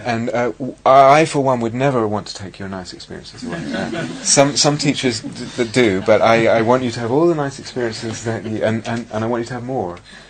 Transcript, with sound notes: And I, for one, would never want to take your nice experiences away. [laughter] Some teachers do, but I want you to have all the nice experiences, and I want you to have more.